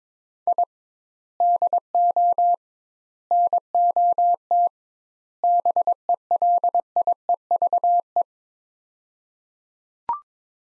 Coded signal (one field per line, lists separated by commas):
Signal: Morse code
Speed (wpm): 22 wpm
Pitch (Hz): 700 Hz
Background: none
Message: I DO NOT BELIEVE